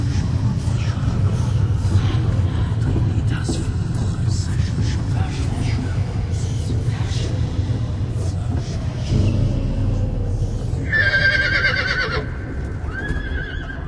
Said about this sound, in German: Der uralten Kathedrale des heiligen Simeon scheuen die beiden schwarzen Pferde. Ihr teuflisches Gewieher zerreißt den frühen Morgen in blutige Fetzen.